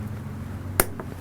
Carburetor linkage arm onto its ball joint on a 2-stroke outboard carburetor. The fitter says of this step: this one you hear a click